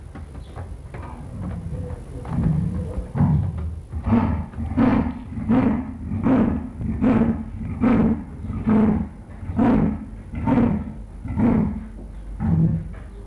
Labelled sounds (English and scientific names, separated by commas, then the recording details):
Clouded Leopard (Neofelis nebulosa)
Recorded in captivity
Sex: male
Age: adult
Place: Tierpark Berlin, Berlin, DE
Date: 1962-02-24 14:00
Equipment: Minifon, Kopie Smaragd
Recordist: Tembrock, Günter